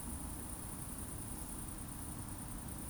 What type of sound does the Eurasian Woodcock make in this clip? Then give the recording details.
whistle. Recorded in Baden-Württemberg, Germany, on 26 June 2020 at 20:21 UTC. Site 44395, 213 m above sea level